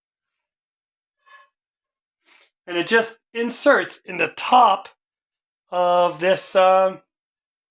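The ball end of the small E string on an Eart GW2 guitar is being brought to the headstock string retainer to be pushed into its top, while someone talks throughout. Two faint, brief sounds come at about 1.3 and 2.3 seconds before the speech grows louder. The clip ends before the string end goes home, so nothing has seated or clicked yet.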